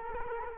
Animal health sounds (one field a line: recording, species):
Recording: mosquito wingbeat signal from an infrared sensor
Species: Culex quinquefasciatus